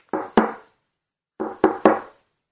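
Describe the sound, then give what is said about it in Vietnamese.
Loud, sharp knocks on the door of room 2017 come in two bursts, a pair of raps, a short pause, then three more in quick succession, each with a brief resonant ring. No voices are heard. “Không trả lời, cứ như vậy, cô cố gắng gõ cửa thật mạnh.”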